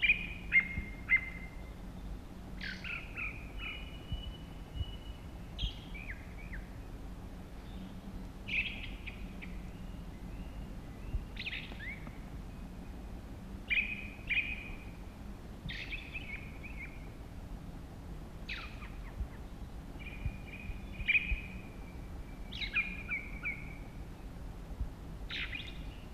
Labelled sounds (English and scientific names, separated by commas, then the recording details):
Ring Ouzel (Turdus torquatus) song
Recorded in the wild
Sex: male
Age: adult
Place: Gerlitzen, Kärnten, AT
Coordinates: 46.6933, 13.9158
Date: 1971-05-12
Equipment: Sony TCD-D10, Sennheiser MKH 804
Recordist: Brunner, Thomas
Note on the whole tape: Auf der Gerlitzen aufgenommen